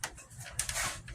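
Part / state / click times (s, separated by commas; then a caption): electrical connectors going onto oil cooler sensors on the engine / seated / 0.0 s, 0.6 s. Two plastic electrical connectors are pushed onto the oil cooler sensors of a 3.6 L engine during an oil cooler replacement on a Dodge Durango. Two sharp clicks ring out at 0.0 s and 0.6 s as each connector snaps into place, and both are seated.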